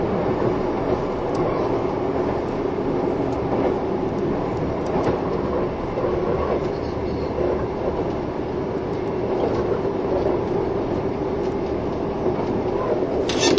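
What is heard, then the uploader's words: A train runs along steadily, its low rumble and rolling roar holding a constant level throughout. A mid-pitched hum sits under the dense noise, while faint clicks and rattles pop up irregularly, with a brief bright squeal near the end. 近鉄16000系 吉野特急4508レ 01/01:吉野～大阪阿部野橋. This is the train running sound (still image) of the ``Yoshino Express''.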